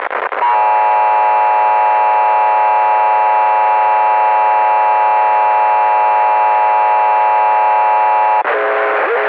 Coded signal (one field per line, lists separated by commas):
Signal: Emergency Alert System (SAME) tones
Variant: 853 and 960 Hz attention tone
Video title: VIDEOPASTA:The National EAS Test Hijacking of 2011 (MY TAKE)